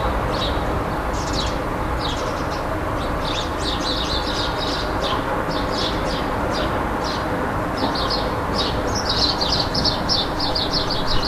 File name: Rouge-gorge dans la ville 16 02 15